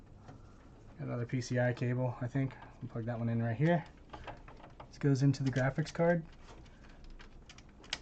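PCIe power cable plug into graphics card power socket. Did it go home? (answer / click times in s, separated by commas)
yes / 7.9 s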